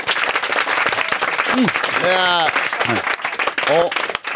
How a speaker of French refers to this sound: Applaudissements.